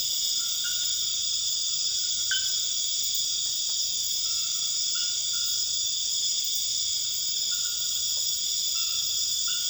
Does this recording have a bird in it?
no